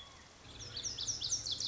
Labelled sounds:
Lazuli Bunting (Passerina amoena)
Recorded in Sonoma County, California

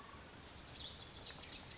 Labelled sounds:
Lazuli Bunting (Passerina amoena)
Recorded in Sonoma County, California

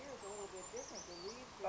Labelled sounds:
Brown Creeper (Certhia americana)
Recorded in Sonoma County, California

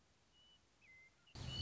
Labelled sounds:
Western Meadowlark (Sturnella neglecta)
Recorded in Sonoma County, California

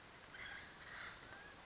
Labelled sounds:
Acorn Woodpecker (Melanerpes formicivorus)
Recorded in Sonoma County, California

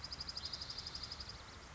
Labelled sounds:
Dark-eyed Junco (Junco hyemalis)
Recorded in Sonoma County, California

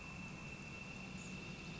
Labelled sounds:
Northern Flicker (Colaptes auratus)
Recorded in Sonoma County, California

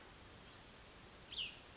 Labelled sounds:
Cassin's Vireo (Vireo cassinii)
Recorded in Sonoma County, California

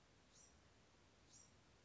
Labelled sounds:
Bewick's Wren (Thryomanes bewickii)
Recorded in Sonoma County, California

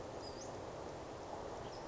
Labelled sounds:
Western Flycatcher (Empidonax difficilis)
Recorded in Sonoma County, California

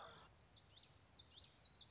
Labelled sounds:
Common Yellowthroat (Geothlypis trichas)
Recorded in Sonoma County, California

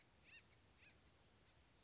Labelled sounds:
Acorn Woodpecker (Melanerpes formicivorus)
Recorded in Sonoma County, California

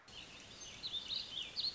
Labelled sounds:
Warbling Vireo (Vireo gilvus)
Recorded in Sonoma County, California

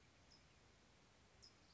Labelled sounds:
California Towhee (Melozone crissalis)
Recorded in Sonoma County, California

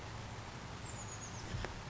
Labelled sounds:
Chestnut-backed Chickadee (Poecile rufescens)
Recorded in Sonoma County, California

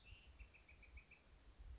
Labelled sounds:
Bewick's Wren (Thryomanes bewickii)
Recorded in Sonoma County, California

